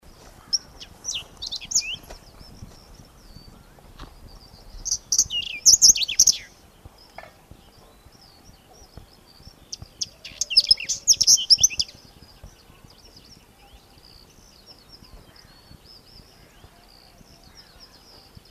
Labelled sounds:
Whinchat song
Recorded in the wild
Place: Walkweiher DKB, DE
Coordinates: 49.0544, 10.3258
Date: 1967-05-20
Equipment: Uher Report 4000, AKG D190
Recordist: Krey, Winfried

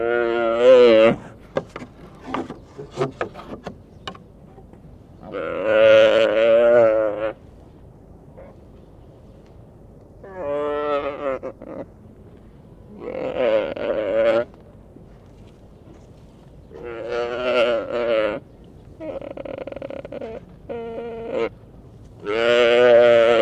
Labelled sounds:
Mule Deer call
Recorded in captivity
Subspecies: hemionus
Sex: male
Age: adult
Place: Tierpark Berlin, Berlin, DE
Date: 1964-11-10 14:00
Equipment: R 21, Vollspur
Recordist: Tembrock, Günter

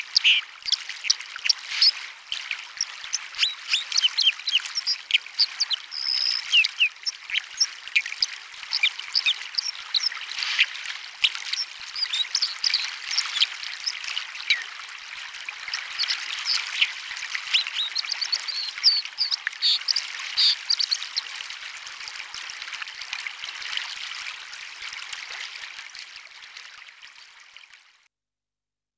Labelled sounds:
White-throated Dipper song
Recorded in the wild
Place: Buchheim im Breisgau / Fluss Dreisam, Baden-Württemberg, DE
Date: 1976-01-25
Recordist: Schwarz, Dieter

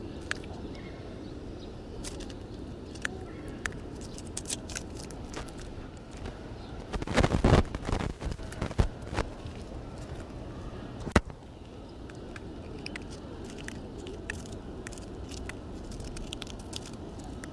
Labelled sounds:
Reeves' Muntjac
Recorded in captivity
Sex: male
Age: adult
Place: Zoo Leipzig, Sachsen, DE
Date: 1969-01-14 15:30
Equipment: Uher 4200 Report-S, Sennheiser MD 421
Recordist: Tembrock, Günter
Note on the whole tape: Männchen: Zahngeräusche (mit Zungenbewegung) durch Beobachter ausgelöst (Abstand ca. 2 m)

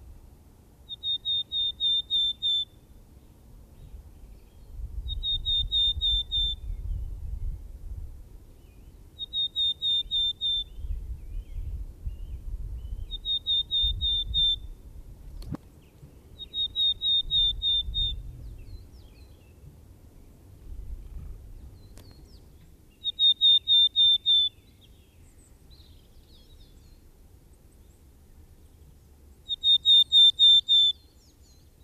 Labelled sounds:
Willow Tit song
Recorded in the wild
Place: Garmisch-Partenkirchen, Bayern, DE
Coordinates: 47.4919, 11.0972
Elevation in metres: 706
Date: 1969-04-13
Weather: Schneefall
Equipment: Uher 4000 Report
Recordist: Tretzel, Erwin

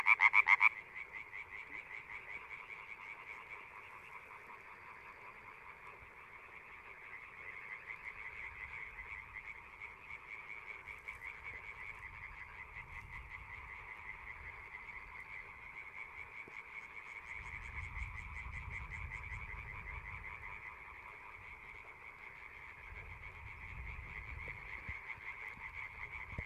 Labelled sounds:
Common Tree Frog call
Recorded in the wild
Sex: group
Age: adult
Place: Kützerhof, Kummerower See, Mecklenburg-Vorpommern, DE
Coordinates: 53.8519, 12.8739
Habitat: wetland
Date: 2008-04-29 23:09
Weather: Nieselregen, 15°C
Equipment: Zoom H2
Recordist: Frommolt, Karl-Heinz
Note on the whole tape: Straße zwischen Aalbude und Kützerhof: Rufe von mehreren Laubfröschen

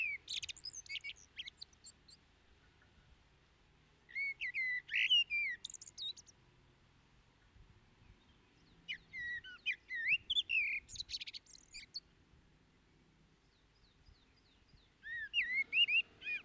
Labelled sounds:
Common Blackbird song
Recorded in the wild
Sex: male
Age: adult
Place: Garmisch-Partenkirchen, Bayern, DE
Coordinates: 47.4892, 11.1514
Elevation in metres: 936
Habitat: mountains
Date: 1973-04-28
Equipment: Nagra IV, Sennheiser MKH 405, Parabolreflektor
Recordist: Tretzel, Erwin

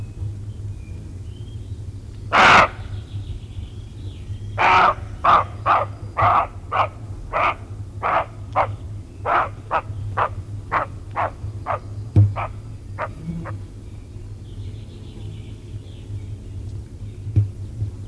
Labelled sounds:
Western Roe Deer barking
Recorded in the wild
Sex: female
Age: adult
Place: Feldberg - Koldenhof, Mecklenburgische Seenplatte, Mecklenburg, DE
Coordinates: 53.3294, 13.3136
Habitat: mixed forest
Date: 1976-06-29 20:21
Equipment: Uher CR 210, Sennheiser MD 421 HL, Verstärker, Reflektor, Kopie Uher 4200
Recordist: Tembrock, Günter

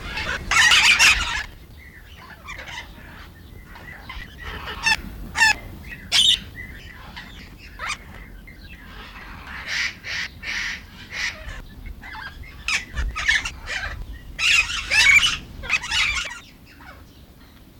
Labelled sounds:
Red-and-green Macaw call
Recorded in captivity
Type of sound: call
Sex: group
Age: adult
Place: Zoo Berlin, Berlin, DE
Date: 1995-07-22 18:49
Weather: fair, 20-22°C
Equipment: Sony WM-D6C, Sennheiser ME 80, Kopie Uher 4000 Report Monitor
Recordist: Tembrock, Günter
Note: Laute in Gruppe. Entfernung ca. 5 m

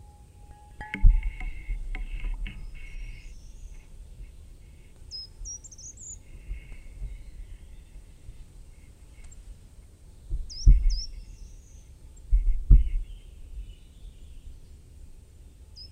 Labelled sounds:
Short-toed Treecreeper
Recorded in the wild
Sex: diverse
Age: adult
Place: Freiburg, Baden-Württemberg, DE
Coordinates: 48.0333, 7.82472
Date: 1960-03-26
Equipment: Maihak MMK 4, Sennheiser MD 82
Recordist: Thielcke, Gerhard

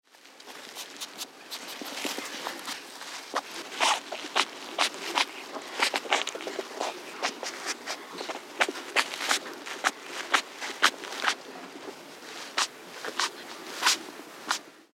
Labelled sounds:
West European Hedgehog
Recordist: Tembrock, Günter
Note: Schnaufen und durch Streu wühlen

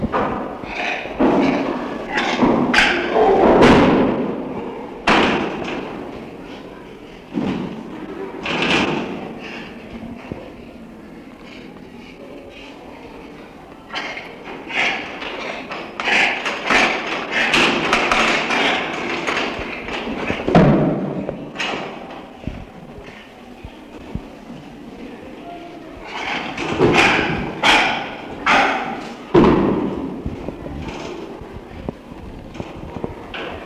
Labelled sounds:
Chimpanzee
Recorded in captivity
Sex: male
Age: adult
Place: Tierpark Berlin, Berlin, DE
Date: 1966-10-05
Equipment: Tesla Uran
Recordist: unbekannt, keine Angabe

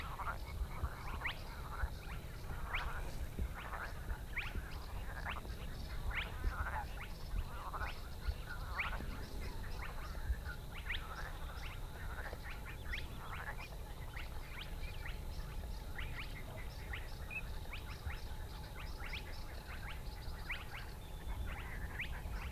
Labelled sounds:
Spotted Crake
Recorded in the wild
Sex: male
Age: adult
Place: Schwedt/Oder, Nationalpark Unteres Odertal, Brandenburg, DE
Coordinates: 53.1255, 14.3565
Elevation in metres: 1
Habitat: wetland
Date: 2015-04-23 02:18
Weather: clear, 4°C, almost windless
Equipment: Sound Devices 702, Sennheiser MKH 70, Rycote Windschutz
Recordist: Frommolt, Karl-Heinz

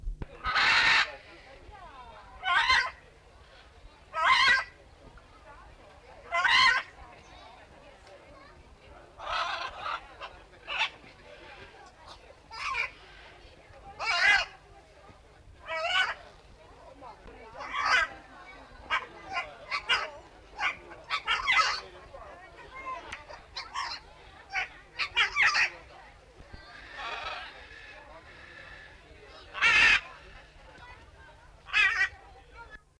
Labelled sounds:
Great Green Macaw call
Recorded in captivity
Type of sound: call
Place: Vogelpark Walsrode, Niedersachsen, DE
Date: 1974-07-24
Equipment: Halbspur, 9,5 cm/s
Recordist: Lütgens, Hans
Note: Rufe

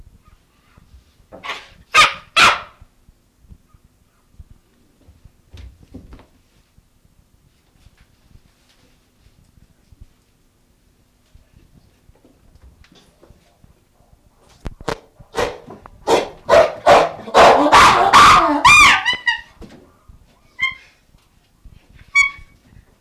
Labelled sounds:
Chimpanzee
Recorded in captivity
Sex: diverse
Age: adult
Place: Zoo Leipzig, Sachsen, DE
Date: 1966-12-03 16:30
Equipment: Uher 4200 Report Monitor, Sennheiser MD 421, Transistorverstärker 2
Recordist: Tembrock, Günter

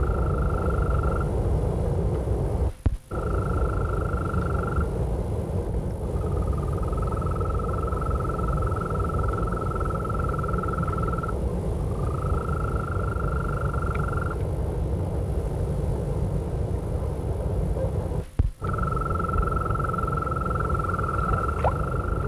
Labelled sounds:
Green Toad call
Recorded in the wild
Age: adult
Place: Berlin, OT Blankenfelde, Berlin, DE
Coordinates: 52.6261, 13.3917
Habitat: pond
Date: 1962-06-09 22:30
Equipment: Minifon, Kopie Smaragd
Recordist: Tembrock, Günter

